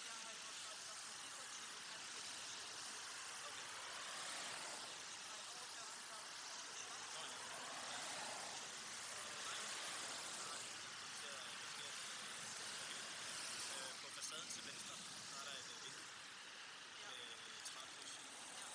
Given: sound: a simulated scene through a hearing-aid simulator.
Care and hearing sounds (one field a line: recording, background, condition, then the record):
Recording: conversation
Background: traffic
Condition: -6 dB SNR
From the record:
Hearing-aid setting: anchor resembling a broken hearing aid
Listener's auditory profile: B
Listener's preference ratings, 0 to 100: 6, 7, 7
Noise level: 75 dB SPL